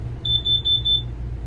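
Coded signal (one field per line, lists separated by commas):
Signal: alarm pattern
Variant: propane gas leak alarm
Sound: four quick high-pitched electronic beeps in a row over a low hum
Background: low hum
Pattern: 4 short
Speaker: What is that? About every 3 or 4 seconds, 4 beeps.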